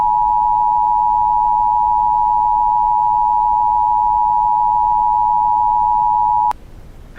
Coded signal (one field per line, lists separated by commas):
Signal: Emergency Alert System (SAME) tones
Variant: 853 and 960 Hz attention tone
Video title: EAS Scenario - Ohio Unknown and Inexperienced Incident Situation